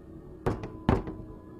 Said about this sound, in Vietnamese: Đi được vài bước, bên tai bỗng nhiên vang lên tiếng gõ cửa. Ông cau mày. Ai gõ cửa nhỉ?